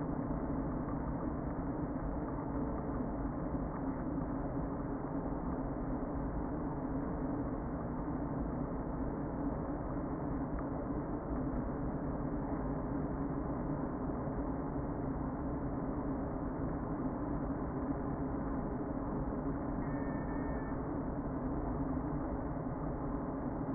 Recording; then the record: honeybee colony, microphone inside the hive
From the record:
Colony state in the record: queen present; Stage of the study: before two queens were removed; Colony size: about 60,000 bees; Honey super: yes